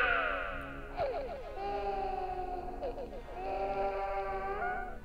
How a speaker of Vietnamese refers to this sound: Khi chúng tôi đi sâu vào trong nhà, bất giác có tiếng trẻ con khóc. Tiếng trẻ con khóc vang lên, nghe đáng sợ lắm.